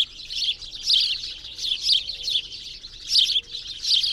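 Birdsong in repeated high, scratchy chirp bursts, rising and falling in loudness.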